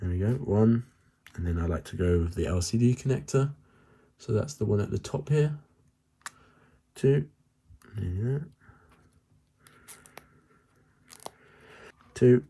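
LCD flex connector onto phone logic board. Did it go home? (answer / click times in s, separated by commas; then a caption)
yes / 6.3 s. Someone talks while pressing the LCD flex connector at the top onto its socket on an iPhone 6s logic board during a screen replacement. A short click is heard at 6.3 s and the connector is seated, followed by a few faint ticks and more talk.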